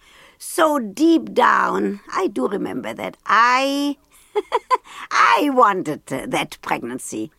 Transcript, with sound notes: So deep down, I do remember that I - (laughter) I wanted that pregnancy.